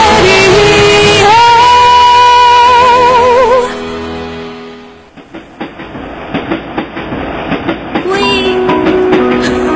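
A train's rhythmic clickety-clack of wheels on rail joints, a steady run of sharp clacks, framed by sustained wavering tones before and after.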